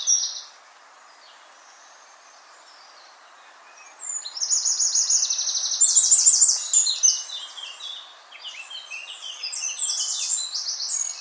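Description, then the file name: Eurasian wren song: a short high burst, a pause, then a long outpouring of fast, loud, rattling trills and sharp notes that rise and fall in strength. "Troglodytes troglodytes"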